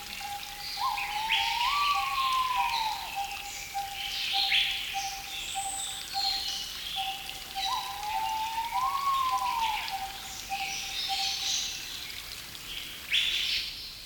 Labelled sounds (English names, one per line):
Pheasant Pigeon call